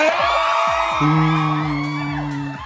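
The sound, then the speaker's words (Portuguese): A crowd of supporters of a quiz-game contestant cheering loudly with whoops and shouts, a dense steady roar throughout, joined midway by sustained low droning tones like horns or chanting. “A torcida do Cláudio está mais animada, hein?”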